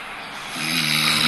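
Fairly loud snoring from an adult sleeper.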